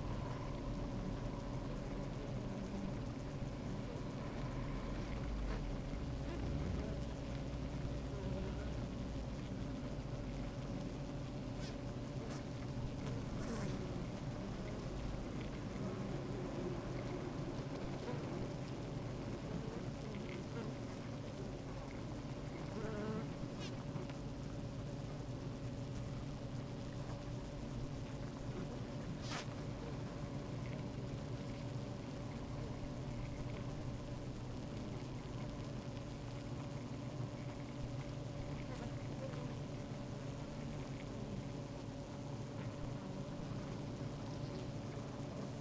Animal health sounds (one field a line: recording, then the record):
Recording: honeybee colony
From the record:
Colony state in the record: active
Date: 28 July 2017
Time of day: 15:58